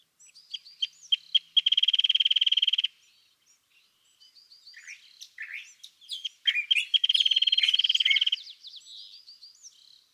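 California thrasher singing a long varied song, sharp chips then a fast buzzy rattle, a pause, then jumbled squeaky phrases and another long rattling trill.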